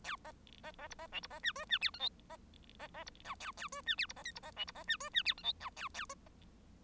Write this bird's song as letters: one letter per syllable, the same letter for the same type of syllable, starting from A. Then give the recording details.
A B B B C B D C B E F E G H I B B B C J A A F E G C B K C B D C B E F E G H I J A A. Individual Bird1